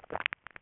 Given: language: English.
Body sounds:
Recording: throat vibration sensor signal played as sound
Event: swallow

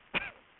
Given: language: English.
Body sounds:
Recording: throat vibration sensor signal played as sound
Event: cough

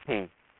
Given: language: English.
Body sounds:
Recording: throat vibration sensor signal played as sound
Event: speech

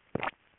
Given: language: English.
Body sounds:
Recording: throat vibration sensor signal played as sound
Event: swallow

